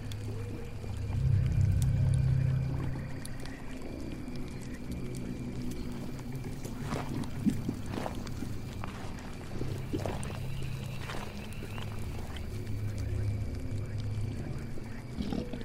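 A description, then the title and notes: Witch's swamp house ambience: a steady low drone with creaky groaning swells near two and thirteen seconds, plus scattered knocks and faint high whines. Witch's swamp house ambience.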